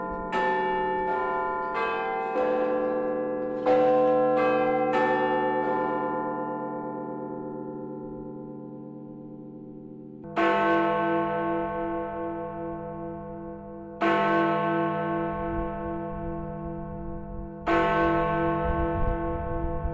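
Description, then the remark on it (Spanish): The bells of the Big Ben clock in the United Kingdom ring out a quick sequence of chimes, then settle into slow, heavy tolls spaced a few seconds apart, each leaving a long, shimmering decay. No voices. “escuchar los sonidos de las campanas”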